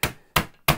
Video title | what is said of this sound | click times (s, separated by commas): wasr magazine fitment issues | it's not coming out so it just doesn't click I don't know why | none